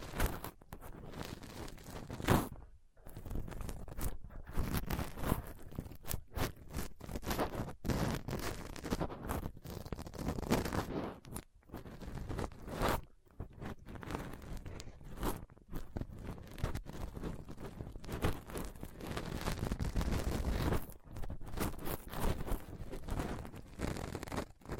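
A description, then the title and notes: A dental pick, tweezers and a cotton swab scratch and rub directly against a microphone, making close, rough scraping and crackling that runs almost without pause. The friction is dense and irregular, heavy in the low end, broken by brief silences near 3, 12 and 13 seconds. ASMR Rough Mic Picking using Dental PickTweezersCotton Swab (No Talking).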